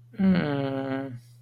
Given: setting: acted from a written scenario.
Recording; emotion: vocal sound without words; disappointment